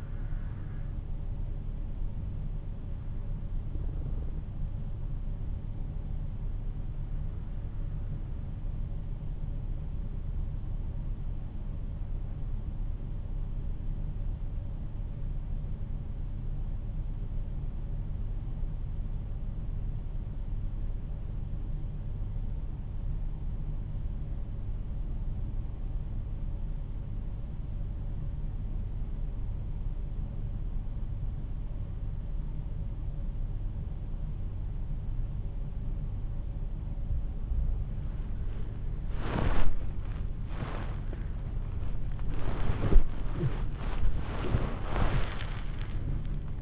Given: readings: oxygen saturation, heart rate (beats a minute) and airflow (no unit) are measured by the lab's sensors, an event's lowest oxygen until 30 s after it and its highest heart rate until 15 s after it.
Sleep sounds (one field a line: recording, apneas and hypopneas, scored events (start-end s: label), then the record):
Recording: breathing in sleep by a smartphone at the bedside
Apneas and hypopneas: 1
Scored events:
1.00-31.00 s: new sleep stage, N1 (lightest sleep)
7.00-39.30 s: hypopnea (N1, oxygen 94% highest, then 88% lowest, heart rate 54 at the start, 67 highest)
31.00-46.61 s: new sleep stage, awake
37.00-46.61 s: awake
From the record:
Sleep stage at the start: N2 (light sleep)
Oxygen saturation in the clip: 87 to 94%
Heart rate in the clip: 47 to 61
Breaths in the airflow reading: 5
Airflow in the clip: -8.7 to 13.4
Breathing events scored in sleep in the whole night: 388 in 6.5 hours asleep